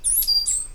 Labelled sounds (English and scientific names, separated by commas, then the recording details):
Stitchbird (Notiomystis cincta) song
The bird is a male
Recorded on Tiritiri Matangi Island, New Zealand, in 2005
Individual 8, of nest box 10